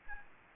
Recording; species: mosquito wingbeat signal from an infrared sensor; Aedes albopictus